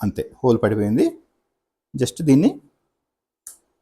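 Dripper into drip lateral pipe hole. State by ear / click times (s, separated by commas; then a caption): seated / 3.5 s. A dripper is pressed into a hole punched with a puncher tool in a 16 mm plastic drip lateral pipe. Someone talks for most of the clip, then a short, sharp click comes at 3.5 s. The dripper seats in the pipe.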